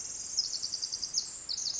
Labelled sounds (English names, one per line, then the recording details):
Pacific Wren
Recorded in Sonoma County, California